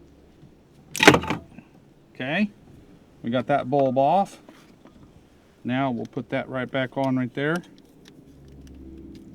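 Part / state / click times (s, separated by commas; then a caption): headlight bulb connector going into the bulb base / not seated / none. A headlight bulb connector is being handled at the bulb base after the old bulb was removed, and someone talks. A loud clattering handling burst comes around 1.0 seconds, followed by faint taps near the end. The connector is not yet pushed home; nothing has seated or clicked yet.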